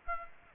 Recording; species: mosquito wingbeat signal from an infrared sensor; Aedes aegypti